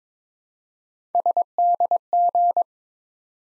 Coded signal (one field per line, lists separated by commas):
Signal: Morse code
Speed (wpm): 22 wpm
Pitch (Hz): 700 Hz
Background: none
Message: SDG